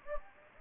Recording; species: mosquito wingbeat signal from an infrared sensor; Anopheles gambiae